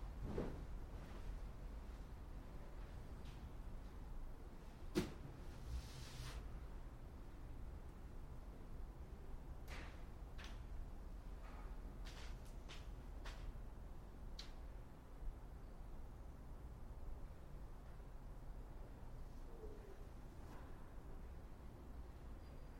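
Ambience inside a mausoleum in Piedmont, California: a steady low rumble fills the whole stretch. Scattered sharp clicks and knocks cut through it, the loudest near the five-second mark and a cluster between ten and fifteen seconds, with a faint rustle later.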